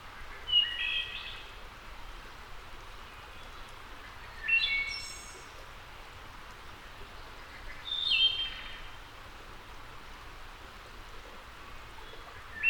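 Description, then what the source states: Wood thrush singing repeatedly: three flute-like phrases roughly every four seconds, each ending in a high trill, and the start of a fourth at the end, over a constant hiss. Returning wood thrush.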